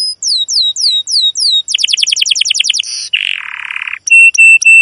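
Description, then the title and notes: Domestic canary song: evenly spaced falling chirps, a rapid stuttering trill, a low buzzy roll, then three flat, steady whistled tones. Long, emotive chirping canary song used as a lure and master recording for training young canaries to learn the sound. "CUIT CUIT NGEROL LANGSUNG GACOR PANJANG Kenari Ini AMPUH Utk Pancingan KENAR. PANCINGAN Kenari GACOR PANJANG Cuit CUIT EMOSI ini AMPUH utk MASTERAN Kenari PAUD belajar BUNYI. burung kenari"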